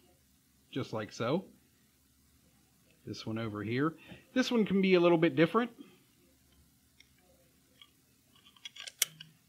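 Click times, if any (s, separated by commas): 9.0 s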